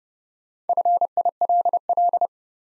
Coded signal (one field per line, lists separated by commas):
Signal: Morse code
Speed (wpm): 30 wpm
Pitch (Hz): 700 Hz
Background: none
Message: FILL